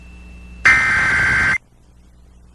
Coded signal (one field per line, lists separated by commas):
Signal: Emergency Alert System (SAME) tones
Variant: header bursts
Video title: Okanogan EAS Alert: Required Monthly Test (09/04/2023)